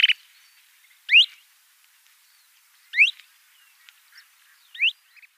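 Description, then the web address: Kentish plover giving short, sharp rising whistled notes, three clear calls spaced about two seconds apart, with a few faint softer chirps between them. "Schulze Peter Kentish Plover calls"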